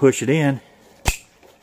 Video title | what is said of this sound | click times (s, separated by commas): Onetigris Tactical Vest, | it latches you hear that latch it latches solid | 1.1 s